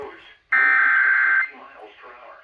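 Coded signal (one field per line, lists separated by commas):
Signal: Emergency Alert System (SAME) tones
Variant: header bursts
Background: speech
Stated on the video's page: Alerts from an enhanced risk severe weather day, including a newly received weather radio station.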